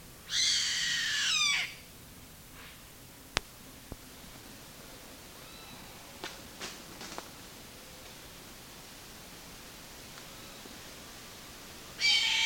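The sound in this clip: Bird giving one harsh screech at the start, then a long quiet stretch with a few clicks before another screech begins at the end.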